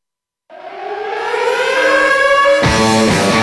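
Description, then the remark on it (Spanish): An alarm siren starts abruptly and winds upward in pitch, its steady wailing tone growing louder and holding strong, with a harsher buzzing layer joining near the end. No voices. “En Futuro, activamos otra alarma.”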